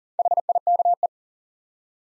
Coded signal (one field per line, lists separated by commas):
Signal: Morse code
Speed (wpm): 38 wpm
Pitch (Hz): 700 Hz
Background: none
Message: HIKE